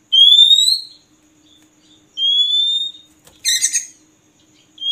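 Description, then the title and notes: Oriental magpie-robin giving two long, clear rising whistles about two seconds apart, followed by a short harsh scratchy burst. Long-duration song recording used to train birds to sing actively day and night. "Kacer Jadi Gacor Siang Malam. Isian Kacer Durasi Panjang"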